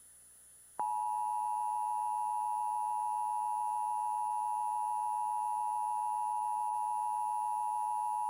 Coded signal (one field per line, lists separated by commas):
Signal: Emergency Alert System (SAME) tones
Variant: 853 and 960 Hz attention tone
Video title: TMYKs EAS Scenario Ionized (REUPLOAD)